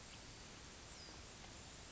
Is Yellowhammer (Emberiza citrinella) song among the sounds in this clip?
no